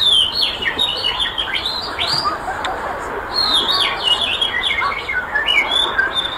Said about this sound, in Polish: Uwaga, trudny tytuł: Ćwierkać, czyrkać i świergotać. Mam nagrania, mogę teraz znaleźć.